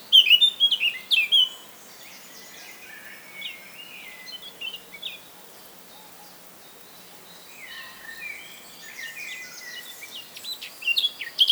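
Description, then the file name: Eurasian blackcap song: loud, sharp warbled notes at the start, soft chattering through the middle, and another bright burst at the end. "Sylvia atricapilla"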